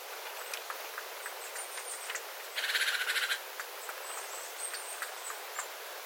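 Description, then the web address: Small birds calling, thin high notes scattered throughout, interrupted midway by a loud, rapidly pulsed buzzy rattle, with soft clicks and hiss behind. Small flock of birds calling, water dripping from the eaves after rain, 9 September 2025. "paivat 9 9 2025 pikkulintuparven aantelya vesi tippuu raystaalta sateen jalkeen"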